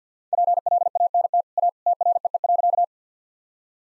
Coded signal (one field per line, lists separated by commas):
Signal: Morse code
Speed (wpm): 47 wpm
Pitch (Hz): 700 Hz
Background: none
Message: PLANT A TREE.